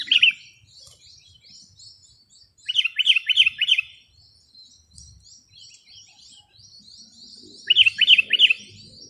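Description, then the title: Sooty-headed bulbul giving short runs of quick bubbly notes three times, against a continuous high buzzing background and faint low noise. "kutilang"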